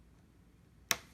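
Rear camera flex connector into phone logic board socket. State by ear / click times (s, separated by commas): seated / 0.9 s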